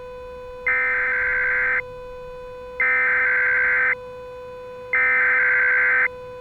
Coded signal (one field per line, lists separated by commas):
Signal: Emergency Alert System (SAME) tones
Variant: header bursts